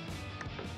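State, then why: Seated. A new rubber sensor grommet, lined up by its tab, is pushed into the sensor port of a plastic air intake tube for a 2019-2020 RAM 1500 S&B cold air intake with an oiled cleanable cotton filter. A short click is heard at 0.4 s over a steady background of broadband sound, and the grommet seats in place.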